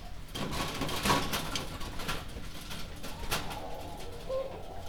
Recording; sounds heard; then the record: poultry house recording; healthy chickens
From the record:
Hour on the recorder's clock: 21